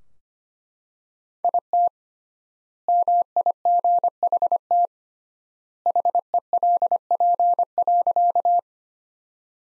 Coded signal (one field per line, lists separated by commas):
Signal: Morse code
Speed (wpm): 25 wpm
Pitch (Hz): 700 Hz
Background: none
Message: IT MIGHT HELP.